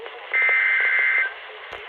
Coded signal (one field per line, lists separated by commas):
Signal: Emergency Alert System (SAME) tones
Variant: header bursts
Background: speech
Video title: EAS #1,000! EAS Alerts from 6/16/22 (EAS #995-1,015)